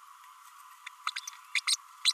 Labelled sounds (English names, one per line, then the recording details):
Green-rumped Parrotlet babbling
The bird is a female
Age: 32 days
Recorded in a nest box in Venezuela
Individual 17B32A7